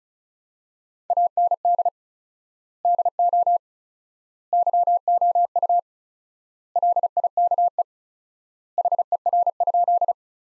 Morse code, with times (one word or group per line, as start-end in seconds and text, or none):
1.1-1.9 AND
2.8-3.6 DO
4.5-5.8 YOU
6.8-7.8 LIKE
8.8-10.1 HER?